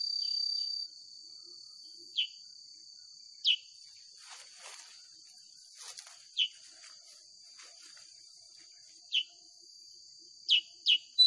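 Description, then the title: Sooty-headed bulbul giving single sharp chirps every few seconds, then a few in quicker succession at the end, with a high background hiss and brief rustling noises. Original sound of a sooty-headed bulbul (kutilang sutra), used as a master recording for training songbirds and suited as a lure to prompt birds to sing. "Masteran Kutilang Sutra. SUARA ASLI KUTILANG SUTRA COCOK UNTUK PANCINGAN"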